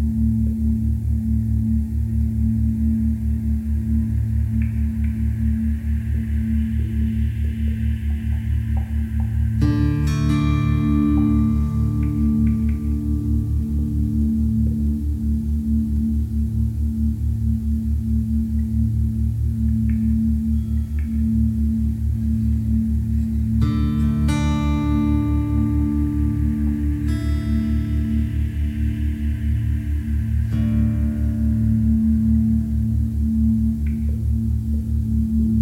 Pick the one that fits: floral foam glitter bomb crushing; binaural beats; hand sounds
binaural beats